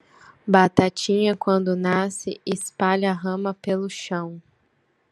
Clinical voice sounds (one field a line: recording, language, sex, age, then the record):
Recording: short text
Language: Brazilian Portuguese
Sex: female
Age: 20 to 29 years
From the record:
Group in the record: control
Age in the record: 25 years